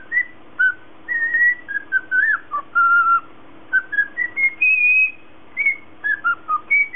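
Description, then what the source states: Cockatiel whistling a string of clear tonal notes, some flat and held, others rising or dipping, in short phrases with brief pauses, over a steady low hum. Lutino colour variety cockatiel.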